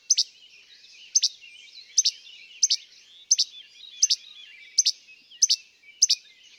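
Least flycatcher sounding an abrupt two-note che-bek again and again.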